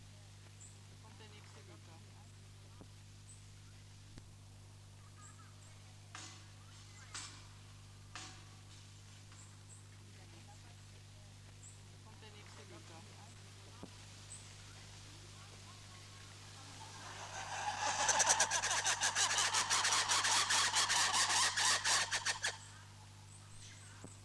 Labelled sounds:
Red Ruffed Lemur call
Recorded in captivity
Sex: group
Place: Tierpark Berlin, Berlin, DE
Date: 2006-09-14 15:45
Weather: sonnig, 25°C
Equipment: Grundig CR 110, Sennheiser ME 80, Kopie Uher 4000 Report Monitor
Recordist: Tembrock, Günter

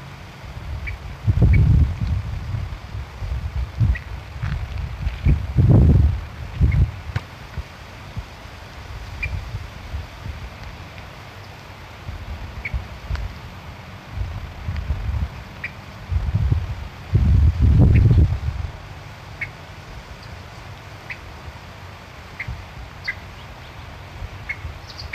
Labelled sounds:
Little Crake call
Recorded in the wild
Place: Illmitz, AT
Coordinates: 47.7544, 16.7631
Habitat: wetland
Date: 1963-08-17 06:15
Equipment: Uher Report 4000, AKG D190
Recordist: Krey, Winfried

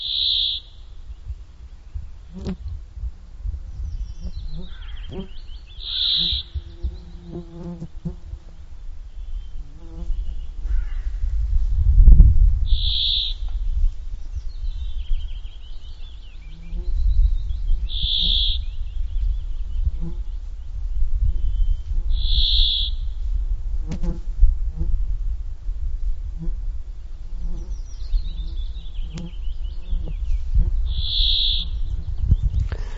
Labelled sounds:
Brambling song
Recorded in the wild
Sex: male
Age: adult
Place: Halbinsel Kindo, Karelien, RU
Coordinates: 66.5503, 33.0944
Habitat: taiga
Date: 1995-06-19 19:01
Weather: cloudy, 18°C
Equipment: Sony TCD-D3, Sennheiser MKH 416 T, Popschutz
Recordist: Frommolt, Karl-Heinz

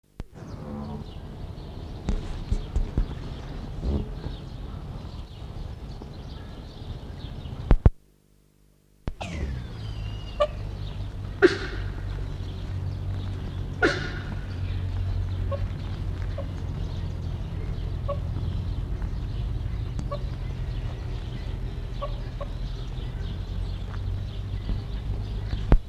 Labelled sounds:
Black Wildebeest call
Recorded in captivity
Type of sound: call, call sequence
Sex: male
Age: adult
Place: Zoo Dresden, Sachsen, DE
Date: 1960-07-20 19:30
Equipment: Vollspur Reporter
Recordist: Tembrock, Günter
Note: Bulle vom Weibchen getrennt: einmal dunkler Einzel-Kurzlaut, Rufreihe (erster Laut fehlt). Abstand: 15 m

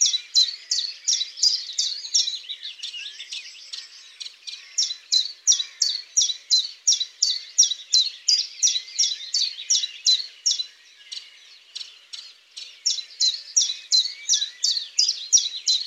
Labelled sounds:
Common Chiffchaff song
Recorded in the wild
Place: Flögelner See, Schleswig-Holstein, DE
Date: 1999-05-11
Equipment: MiniDisc Sony MZ-R35, Telinga DAT, Telinga-Parabolspiegel
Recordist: Schwarz, Dieter

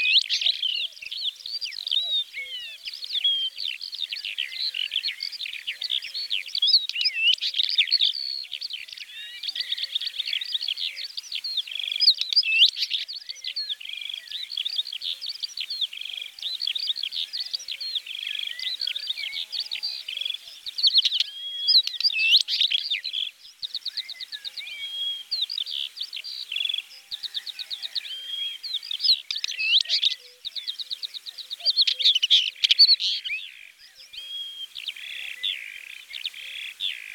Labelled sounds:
Northern Wheatear song
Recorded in the wild
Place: Neuenwalde / Cuxhaven, Baden-Württemberg, DE
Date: 1985-05-22
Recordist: Schwarz, Dieter
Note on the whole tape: Song

